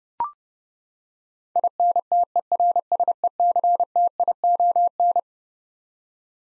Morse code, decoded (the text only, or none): INTERSECTION